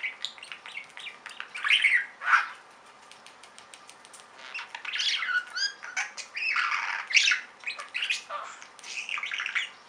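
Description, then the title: Budgerigar squawks and chatter: rasping bursts and clicks, with a short quiet stretch in between. "Budgie Sounds"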